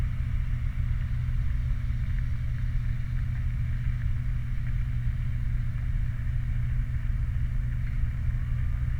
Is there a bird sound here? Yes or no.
no